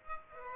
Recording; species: mosquito wingbeat signal from an infrared sensor; Aedes aegypti